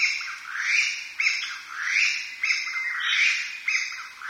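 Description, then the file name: Chinese bamboo partridge giving loud, harsh calls that rise in pitch, repeated about every 1.2 seconds in a steady series with no other sounds. "kojukei"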